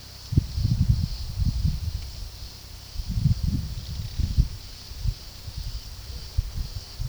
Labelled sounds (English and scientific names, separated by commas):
none